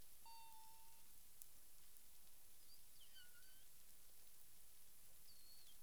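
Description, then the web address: Humpback whale tonal calls: a flat moan early, then brief upsweeps and downsweeps and a high wavering note near the end, against steady background hiss. Caribbean, 9 April 2002, 18:12 UTC. "CARIMAM. humpback whale"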